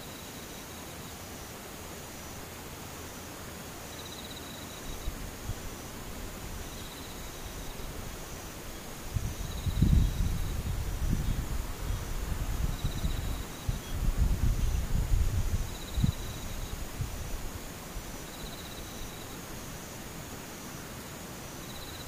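Insects call outdoors: a thin, steady high whine runs throughout, while another insect repeats a short chirp at an even pace, about every two seconds. From around 9 to 16 seconds, low rumbling gusts, likely wind or handling, push up the loudness before it settles again.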